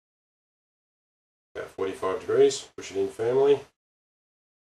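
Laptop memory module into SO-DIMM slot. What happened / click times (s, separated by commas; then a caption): Memory module lined up, not yet seated / none. A laptop memory module is lined up with the notch guide in a SO-DIMM memory slot, ready to be inserted at 45 degrees and pushed in firmly. Someone talks through most of the clip, with silence before and after and a brief sharp sound at the very end, around 4.7 s. Nothing has seated or clicked yet.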